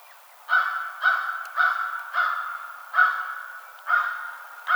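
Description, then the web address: American crow giving seven loud, harsh caws in a steady series, roughly one every half second to second. Recorded 21 March 2007. "American Crow 2007 03 21"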